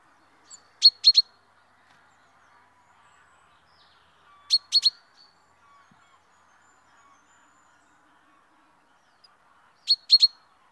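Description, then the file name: Common chaffinch calling with short, bright, clipped notes in tight groups of two or three, the groups repeated every few seconds. "Fringilla coelebs"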